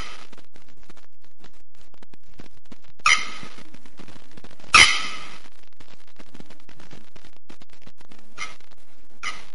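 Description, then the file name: Bearded Bellbird: two clanging notes, the second louder, then after a pause two softer ones. "Canto da araponga do nordeste"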